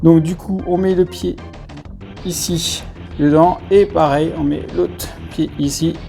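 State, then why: Not seated. A resin collector figure of Cooler from 2009 is being handled as its foot and pegs are fitted into the display base. Someone talks throughout, with music playing underneath. Nothing has seated or clicked yet; the part is not yet home.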